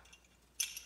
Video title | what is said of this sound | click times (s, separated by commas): Honda Foreman 450 Carburetor Rebuild - How to Clean Carb - Bad Old Fuel Gas | set it down still holding with your finger up and then a lot of times you can feel it kind of pop into place so | 0.6 s